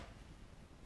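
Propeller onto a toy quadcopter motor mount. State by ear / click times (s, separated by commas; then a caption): not seated / none. A plastic propeller, or its retaining part, is being twisted by hand onto the motor shaft of a V303 toy quadcopter, a slightly fiddly fit that has to be turned until it snaps in. Only a low, steady rustle of handling is heard, with no distinct click. Nothing has seated or clicked yet.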